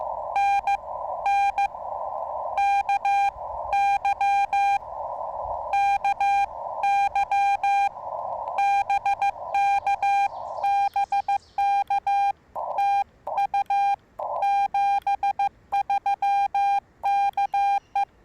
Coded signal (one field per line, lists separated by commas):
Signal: Morse code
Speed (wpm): 15 wpm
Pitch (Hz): 810 Hz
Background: none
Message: NN KY KY BK BK TU 73 KE